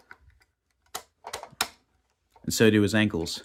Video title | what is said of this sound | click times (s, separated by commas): Original Thinkway Buzz Lightyear Comparison | so his knees actually lock into place now | 1.0 s, 1.6 s